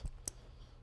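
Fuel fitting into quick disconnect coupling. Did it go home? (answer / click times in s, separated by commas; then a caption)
yes / 0.3 s. A fuel fitting on the quarter-inch return line back to the tank, part of a Cummins repower fuel system, is pushed into a quick-disconnect coupling. It seats with one sharp snap at 0.3 s, and the two white retainer tabs pop back out. The fitting is connected.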